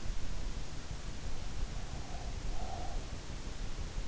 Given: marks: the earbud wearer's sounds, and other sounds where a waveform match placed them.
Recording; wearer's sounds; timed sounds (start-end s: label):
sounds in sleep by an in-ear microphone; breath
1.63-3.31 s: breath